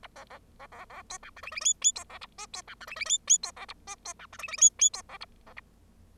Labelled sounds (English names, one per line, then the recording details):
Bengalese Finch song
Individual Bird0